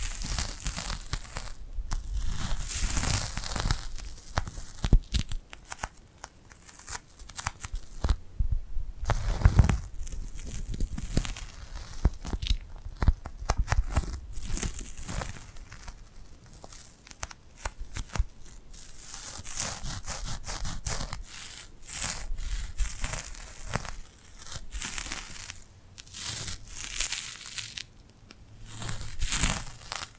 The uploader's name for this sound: Tingly Glued Hand Sounds